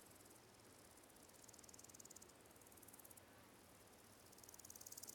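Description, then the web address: Cicadas give a high, ticking, pulsed buzz in bursts over a soft steady background hiss. Countryside ambience of quiet fields with slowly calling cicadas. "Spatial Countryside AMBRurl Ambience, Countryside, Quite Fields, Slow Cicadas, 3 Close, Fly"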